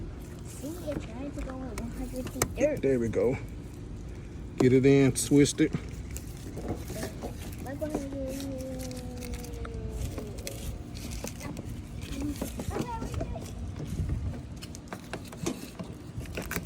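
An LED side marker light is handled and twisted at the bumper opening of a 2010-2015 Camaro SS while someone talks, with a few brief sharp sounds around 10.5 and 16.5 seconds. The clip ends before the marker snaps into the bumper, so nothing has seated yet.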